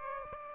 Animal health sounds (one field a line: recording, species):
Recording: mosquito wingbeat signal from an infrared sensor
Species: Aedes aegypti